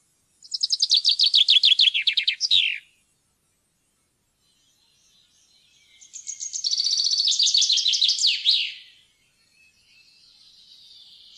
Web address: fuglelyder- bokfink